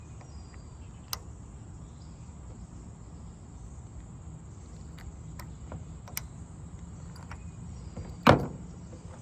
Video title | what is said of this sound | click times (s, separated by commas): Ace AF1 Inverted Trucks Unboxing and Chat!! | that's the clicking | 1.1 s, 6.2 s, 8.3 s